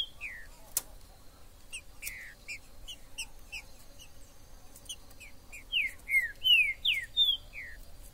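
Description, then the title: Green-winged saltator song: soft, spaced short whistles build into a loud phrase of several rich, slurred whistles near the end. Trinca-ferro recorded in the forest (mato), described as a 'major' singer, calling, singing and acting male in a contest; used to stir up a pet bird. "Esse É PERFEITO Para ESQUENTAR Seu TRINCA Piando, Cantando E Macheando Na DISPUTA. Esse VÍDEO de TRINCA FERRO no MATO vai DEIXAR seu TRINCA LOUCO!! Trinca ferro MAJOR no MATO!!"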